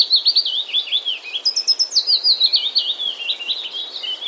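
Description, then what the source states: Willow warbler song: fluent, sweet whistled phrases in quick succession, with a brief higher series of notes partway through, continuing without pause for over four seconds. Wroblowe, Poland, 3 May 2014.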